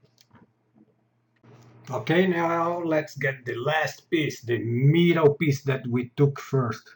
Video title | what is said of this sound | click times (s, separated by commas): How to replace the focus screen on your Canon EOS Rebel 600D T3i and similars. | and you are going to hear a little click and it goes down. | 0.2 s